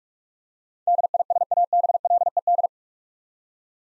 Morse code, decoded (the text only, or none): DISABLED